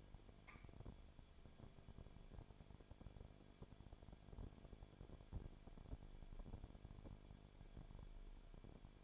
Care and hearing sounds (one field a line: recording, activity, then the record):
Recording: daily activity, microphone in the room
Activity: no activity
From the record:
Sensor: 5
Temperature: 19.8 degrees Celsius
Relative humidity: 33.2%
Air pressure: 1001.4 hPa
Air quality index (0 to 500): 32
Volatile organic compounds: 1 ppm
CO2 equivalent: 526 ppm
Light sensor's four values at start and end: 2/3/1/1 and 2/3/1/1